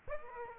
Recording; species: mosquito wingbeat signal from an infrared sensor; Aedes aegypti